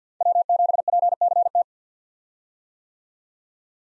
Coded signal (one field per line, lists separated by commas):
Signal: Morse code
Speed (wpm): 50 wpm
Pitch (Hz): 700 Hz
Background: none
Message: W7PCT